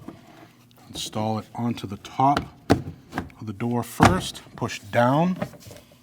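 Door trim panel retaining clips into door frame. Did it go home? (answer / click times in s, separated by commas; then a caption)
no / none. Someone talks while the rear door trim panel of a 2012-2016 Honda CR-V is hooked onto the top of the door first and then pushed down so its plastic retaining clips line up with the door frame. A few brief knocks sound around 0.7, 2.7, 3.2 and 3.3 seconds between the speech. Nothing has seated or clicked yet.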